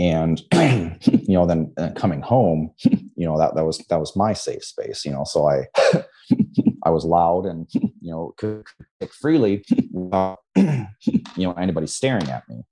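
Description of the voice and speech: A low-pitched adult male voice speaks conversationally, broken three times by abrupt throat clears, with word repeats and frequent fillers. The repeated, unprompted throat clearing fits simple vocal tics of Tourette syndrome, which he was diagnosed with while growing up.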